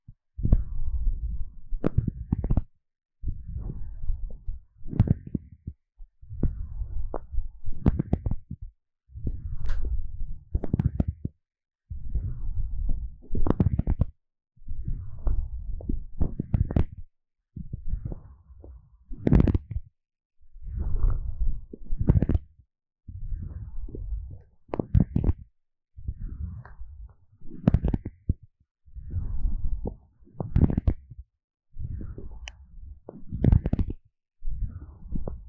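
Scratching and tapping at the eardrum comes in short, regular bursts about every two seconds, separated by brief silences. Each burst is a low, muffled rubbing that often ends in a sharp, bright tap. The pattern stays steady throughout.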